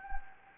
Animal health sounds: mosquito wingbeat signal from an infrared sensor; Anopheles gambiae

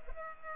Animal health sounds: mosquito wingbeat signal from an infrared sensor; Culex pipiens

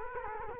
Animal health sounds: mosquito wingbeat signal from an infrared sensor; Culex quinquefasciatus

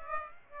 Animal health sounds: mosquito wingbeat signal from an infrared sensor; Aedes aegypti

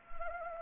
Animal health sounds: mosquito wingbeat signal from an infrared sensor; Anopheles arabiensis

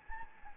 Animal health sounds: mosquito wingbeat signal from an infrared sensor; Anopheles gambiae

